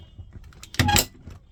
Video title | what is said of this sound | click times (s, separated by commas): 2022 Interstate 19 Walkthrough | you heard the click | 0.8 s, 1.0 s